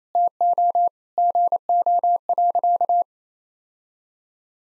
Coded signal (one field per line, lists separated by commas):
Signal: Morse code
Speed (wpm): 28 wpm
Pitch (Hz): 700 Hz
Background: none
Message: TO GO.